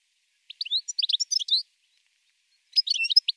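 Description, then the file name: European goldfinch: two brief bursts of high, tinkling twitter notes from a finch, separated by about a second of silence. "chardonneret"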